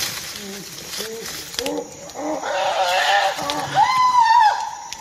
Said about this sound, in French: Ce qui est assez incroyable chez les chimpanzés, c'est que quand on les entend crier comme ça, on a l'impression qu'ils sont violents.